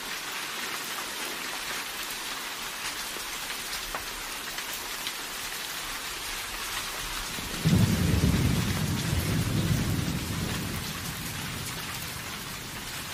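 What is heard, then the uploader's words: Steady, dense rain hisses throughout, with fine drops pattering. Just before the eight-second mark a low roll of thunder swells in, rumbling deep beneath the rain for several seconds before slowly fading back toward the steady downpour. Rain & Thunder Sleep Sounds. Rain noise and thunder noise.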